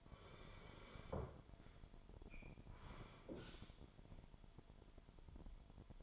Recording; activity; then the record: daily activity, microphone in the room; sit down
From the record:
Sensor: 5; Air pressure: 998.7 hPa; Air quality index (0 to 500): 91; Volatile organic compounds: 2 ppm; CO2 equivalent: 1047 ppm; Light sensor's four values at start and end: 33/79/33/37 and 33/80/33/37